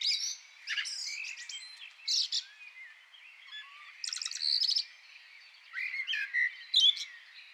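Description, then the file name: Eurasian blackbird producing scattered bursts of scratchy, buzzy twitters and a few low fluty notes, separated by short gaps. "Turdus merula"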